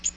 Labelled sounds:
Bay-breasted Warbler flight call

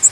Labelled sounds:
Black-and-white Warbler flight call

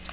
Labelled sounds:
Nashville Warbler flight call

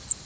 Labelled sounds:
Cape May Warbler flight call

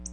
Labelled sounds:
Black-throated Blue Warbler flight call

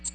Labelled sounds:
American Redstart flight call

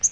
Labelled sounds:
Yellow-rumped Warbler flight call

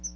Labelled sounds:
Chestnut-sided Warbler flight call

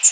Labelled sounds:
Black-and-white Warbler flight call

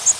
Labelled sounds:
Bay-breasted Warbler flight call

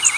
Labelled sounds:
Blackburnian Warbler flight call

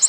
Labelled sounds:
Nashville Warbler flight call

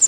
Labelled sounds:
Prairie Warbler flight call

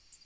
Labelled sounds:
Tennessee Warbler flight call

